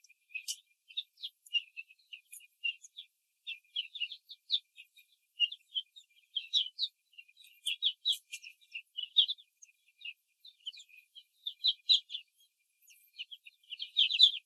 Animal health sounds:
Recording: young laying hens in a cage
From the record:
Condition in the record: control cage, after the stress test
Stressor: none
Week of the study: 4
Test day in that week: 3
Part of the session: 3

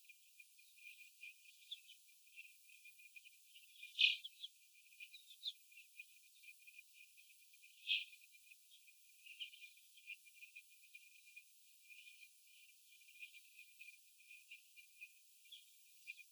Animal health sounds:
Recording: young laying hens in a cage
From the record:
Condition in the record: after the stressor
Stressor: sudden umbrella opening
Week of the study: 2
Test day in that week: 1

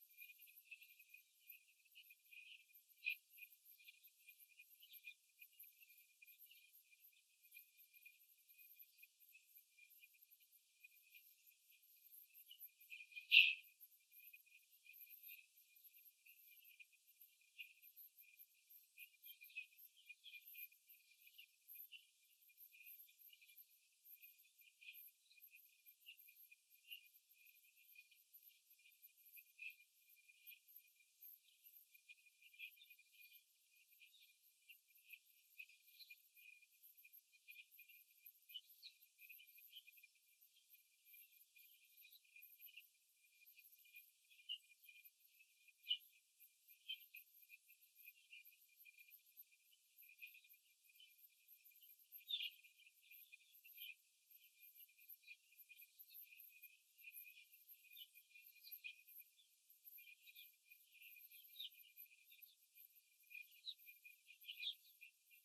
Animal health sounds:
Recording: young laying hens in a cage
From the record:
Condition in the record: after the stressor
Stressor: simulated dog barking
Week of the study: 3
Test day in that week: 2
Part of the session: 2

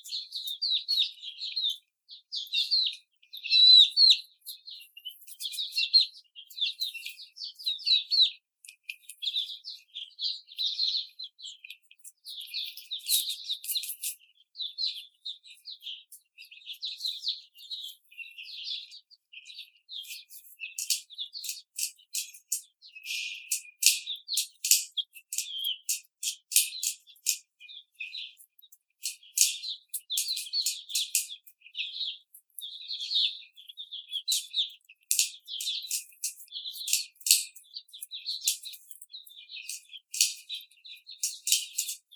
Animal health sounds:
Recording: young laying hens in a cage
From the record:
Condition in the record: after the stressor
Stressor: simulated dog barking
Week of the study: 4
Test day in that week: 2

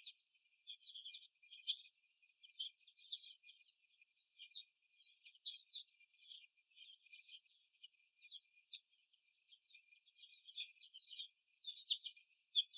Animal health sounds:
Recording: young laying hens in a cage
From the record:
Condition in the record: after the stressor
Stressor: simulated dog barking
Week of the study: 1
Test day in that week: 2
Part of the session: 1

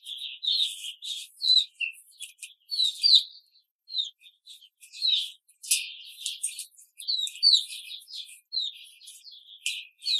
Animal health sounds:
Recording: young laying hens in a cage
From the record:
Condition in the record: control cage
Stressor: none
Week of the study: 5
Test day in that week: 1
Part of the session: 1

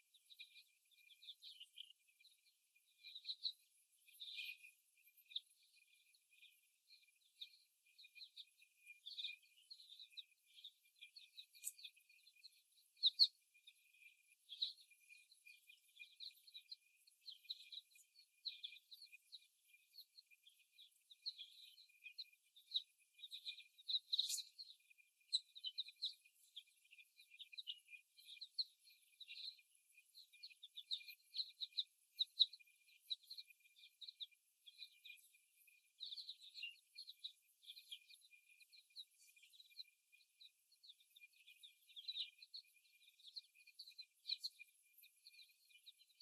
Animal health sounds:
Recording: young laying hens in a cage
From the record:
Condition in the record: after the stressor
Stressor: simulated dog barking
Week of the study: 1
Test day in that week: 1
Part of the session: 2

